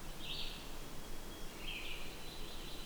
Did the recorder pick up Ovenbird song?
no